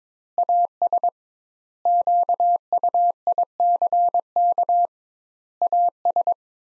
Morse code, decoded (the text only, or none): AS QUICK AS